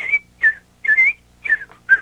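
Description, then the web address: Robin song: six short clear whistled phrases, some rising and some falling, separated by brief pauses, with a faint low hum beneath. "birds robin"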